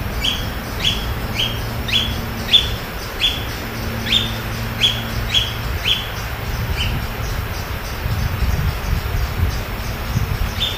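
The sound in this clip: Bird calls: a series of sharp, down-slurred chirps, then a long pause and one more, with a steady low hum and rumbling background noise.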